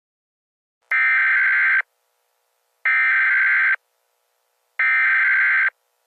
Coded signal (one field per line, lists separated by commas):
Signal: Emergency Alert System (SAME) tones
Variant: header bursts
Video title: EAS Scenario: Florida Weather Disaster